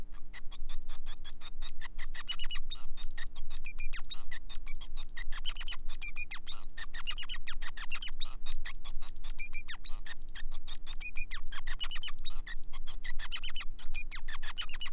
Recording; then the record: song of a male Bengalese finch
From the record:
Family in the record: son of father 5